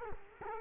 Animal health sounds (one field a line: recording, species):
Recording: mosquito wingbeat signal from an infrared sensor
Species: Culex quinquefasciatus